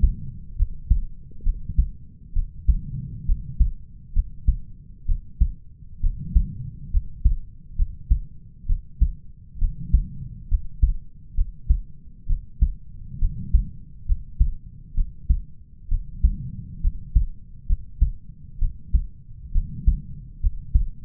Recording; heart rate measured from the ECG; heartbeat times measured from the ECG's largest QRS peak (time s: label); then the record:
heart sounds by stethoscope; 67 bpm
0.56 s: heartbeat
1.43 s: heartbeat
2.33 s: heartbeat
3.26 s: heartbeat
4.13 s: heartbeat
5.06 s: heartbeat
6.01 s: heartbeat
6.91 s: heartbeat
7.76 s: heartbeat
8.66 s: heartbeat
9.59 s: heartbeat
10.48 s: heartbeat
11.35 s: heartbeat
12.27 s: heartbeat
13.19 s: heartbeat
14.06 s: heartbeat
14.95 s: heartbeat
15.89 s: heartbeat
16.81 s: heartbeat
17.67 s: heartbeat
18.59 s: heartbeat
19.52 s: heartbeat
20.40 s: heartbeat
From the record:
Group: healthy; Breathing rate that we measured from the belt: 18 breaths a minute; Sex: male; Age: 20 years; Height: 187 cm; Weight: 68.9 kg